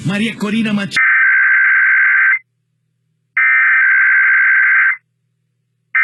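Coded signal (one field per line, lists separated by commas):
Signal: Emergency Alert System (SAME) tones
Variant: header bursts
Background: speech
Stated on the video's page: IPAWS weekly tests received on eight stations.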